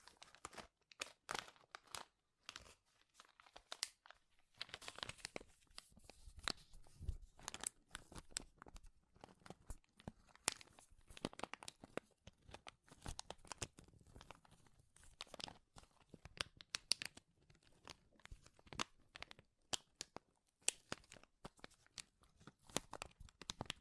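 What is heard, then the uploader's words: Loud crinkling of a plastic or paper material, crumpled and handled in dense bursts of sharp crackles throughout. The crackling runs nearly nonstop with brief pauses, intensifying after about five seconds. ASMR Powerful Crinkles to Make You Tingle (No Talking).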